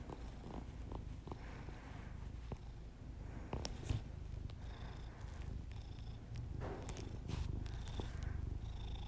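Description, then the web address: Cat purring, a steady low rumbling throb throughout, with soft breathy hisses and a faint high whistle-like tone coming and going over it. Pet cat purring, recorded alongside the owner's heavy breathing as ASMR audio. "Miss Because. Just Purrs [ASMR][Literally just my cat purring and my heavy breathing]"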